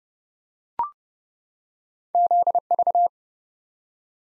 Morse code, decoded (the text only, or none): ZV